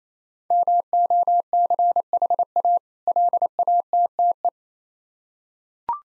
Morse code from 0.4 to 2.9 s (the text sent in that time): MOCHA